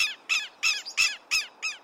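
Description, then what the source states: Southern Lapwing calls, harsh grating notes repeated about three times a second, with faint low thumps beneath. Described as piercing cackles.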